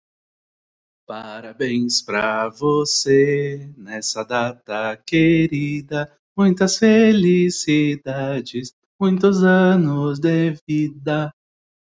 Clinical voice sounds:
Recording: short text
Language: Brazilian Portuguese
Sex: male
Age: 30 to 39 years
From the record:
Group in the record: control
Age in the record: 33 years

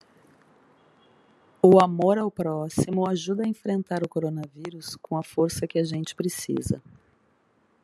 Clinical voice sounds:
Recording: spoken sentence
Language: Brazilian Portuguese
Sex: female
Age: 50 to 59 years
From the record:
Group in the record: control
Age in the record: 56 years

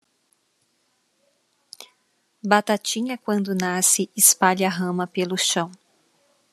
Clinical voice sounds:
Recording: short text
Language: Brazilian Portuguese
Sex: female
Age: 30 to 39 years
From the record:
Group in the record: control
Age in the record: 35 years

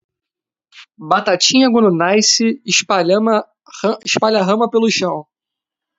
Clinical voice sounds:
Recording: short text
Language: Brazilian Portuguese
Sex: male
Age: 20 to 29 years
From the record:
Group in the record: control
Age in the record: 27 years

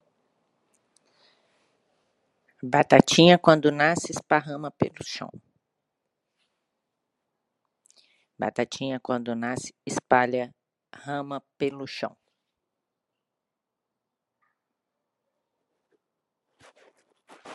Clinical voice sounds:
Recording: short text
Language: Brazilian Portuguese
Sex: female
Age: 50 to 59 years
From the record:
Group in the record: control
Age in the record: 56 years

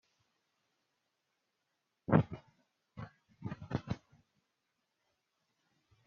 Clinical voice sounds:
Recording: spoken sentence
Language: Brazilian Portuguese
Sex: female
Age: 40 to 49 years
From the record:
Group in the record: control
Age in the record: 44 years

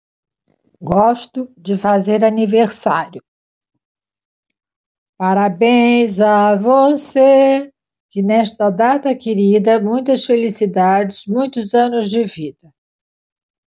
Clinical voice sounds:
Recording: short text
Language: Brazilian Portuguese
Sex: female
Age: 60 to 69 years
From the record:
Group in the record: control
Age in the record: 69 years

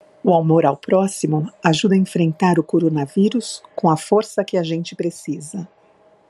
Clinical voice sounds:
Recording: spoken sentence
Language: Brazilian Portuguese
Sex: female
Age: 50 to 59 years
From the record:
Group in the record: control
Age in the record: 50 years

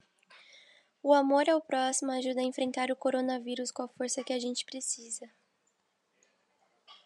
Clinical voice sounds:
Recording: spoken sentence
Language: Brazilian Portuguese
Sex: female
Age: 18 to 19 years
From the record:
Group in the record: control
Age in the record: 18 years

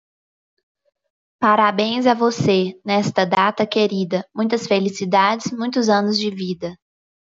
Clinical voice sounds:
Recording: short text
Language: Brazilian Portuguese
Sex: female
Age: 30 to 39 years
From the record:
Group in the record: control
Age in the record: 31 years

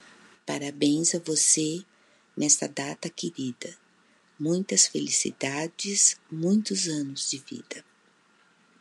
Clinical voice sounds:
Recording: short text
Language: Brazilian Portuguese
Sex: female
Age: 60 to 69 years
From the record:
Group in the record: control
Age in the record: 64 years

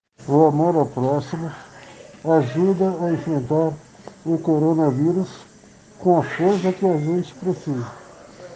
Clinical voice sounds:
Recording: spoken sentence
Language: Brazilian Portuguese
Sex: male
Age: 40 to 49 years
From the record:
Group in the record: respiratory insufficiency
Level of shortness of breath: 5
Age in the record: 49 years

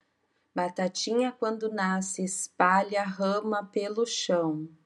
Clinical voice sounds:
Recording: short text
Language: Brazilian Portuguese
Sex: female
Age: 40 to 49 years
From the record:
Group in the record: control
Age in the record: 46 years

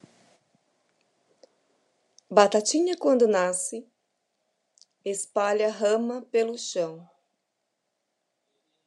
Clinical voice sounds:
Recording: short text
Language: Brazilian Portuguese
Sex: female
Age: 40 to 49 years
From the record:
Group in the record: control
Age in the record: 49 years

